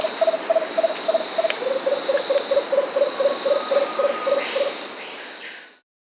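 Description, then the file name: Lemon-throated barbet giving a fast series of short hollow hoots, about three or four per second, slightly dropping in pitch partway, over a steady high insect drone. Peru. "Lemon-throated Barbet (Eubucco richardsoni), Peru"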